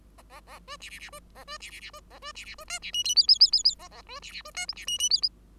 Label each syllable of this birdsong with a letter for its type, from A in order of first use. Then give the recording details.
A A A B C C C B A B C C C B A B C C B D C E F F F F F A A B C C B D G C E E F. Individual Bird5